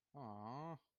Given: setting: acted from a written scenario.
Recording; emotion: vocal sound without words; disappointment